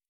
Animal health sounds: hydrophone in a shrimp aquaculture tank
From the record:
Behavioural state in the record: stressed

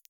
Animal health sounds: hydrophone in a shrimp aquaculture tank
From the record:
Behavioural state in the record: feeding

